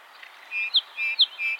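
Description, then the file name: Song sparrow phrases: three repeated units of a level whistle and a sharp higher chip, clearly spaced. "Melospiza melodia - Song Sparrow"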